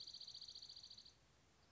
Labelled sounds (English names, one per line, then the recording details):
Dark-eyed Junco
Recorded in Sonoma County, California